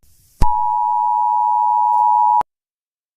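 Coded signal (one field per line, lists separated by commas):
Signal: Emergency Alert System (SAME) tones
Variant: 853 and 960 Hz attention tone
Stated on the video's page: Nationwide EAS emergency alert received by everyone, discussed in a live stream.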